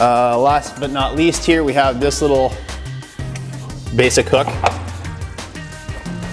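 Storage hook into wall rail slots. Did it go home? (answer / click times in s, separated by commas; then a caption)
no / none. Someone talks over background music while handling a basic plastic Ryobi Link storage hook that goes into the slots of a wall-mounted modular storage rail. The clip ends before the hook is pushed down onto the rail, so nothing has seated or clicked yet.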